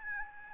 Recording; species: mosquito wingbeat signal from an infrared sensor; Aedes albopictus